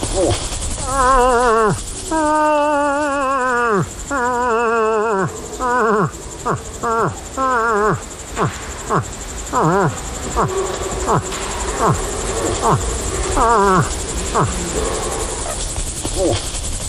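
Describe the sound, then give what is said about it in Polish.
A human voice imitates a moose near the southern border of Biebrza National Park, Poland, with a run of deep, moaning grunts, a few long drawn-out calls followed by quicker short ones, each sliding down in pitch over a steady background hiss. “To jak się udaje łosia, to właśnie stęka.”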